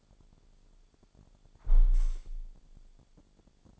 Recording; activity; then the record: daily activity, microphone in the room; close window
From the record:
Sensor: 5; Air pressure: 1000.5 hPa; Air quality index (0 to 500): 153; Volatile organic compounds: 2 ppm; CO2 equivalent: 1174 ppm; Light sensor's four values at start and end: 39/92/38/41 and 39/92/38/41